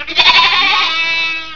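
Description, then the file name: Goat bleating, one nasal, wavering bleat that holds steady for about a second and a half before fading. "chevre"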